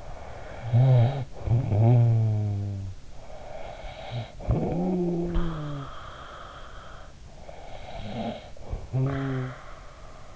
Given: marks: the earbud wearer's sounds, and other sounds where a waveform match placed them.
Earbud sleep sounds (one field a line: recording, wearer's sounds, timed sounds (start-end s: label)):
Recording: sounds in sleep by an in-ear microphone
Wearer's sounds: snoring breath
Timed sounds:
0.00-3.11 s: snoring breath
3.39-7.18 s: snoring breath
7.45-10.36 s: snoring breath